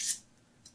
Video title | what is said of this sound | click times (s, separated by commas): 10gb Peer to Peer With Your FreeNAS Server | and you'll hear a slight click and it gets all the way in now if you need to remove it | 0.7 s